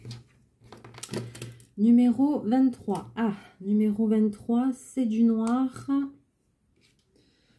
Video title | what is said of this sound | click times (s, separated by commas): peinture par numéros | Voilà, il faut vraiment qu'il y ait le clic, que ça s'enclenche bien. | 1.0 s